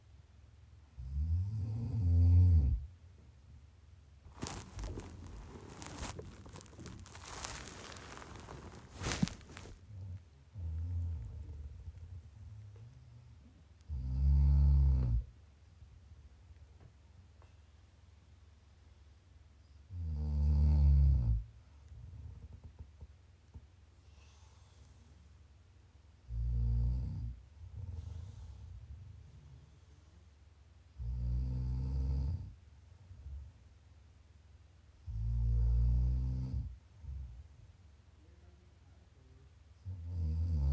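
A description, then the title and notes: Loud, low snores come every five to six seconds, with quiet breathing and a burst of rustling around five to ten seconds between. Prime ASMR snoring.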